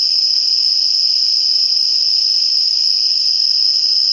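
Tree cricket singing a continuous shrill trill at a constant high pitch, never pausing, over a quiet hiss of background noise.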